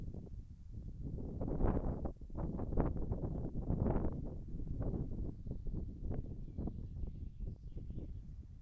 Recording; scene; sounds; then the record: everyday scene through a hearing-aid microphone; wind on the microphone; wind, birds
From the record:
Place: in front of a rural house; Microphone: behind the ear, right, front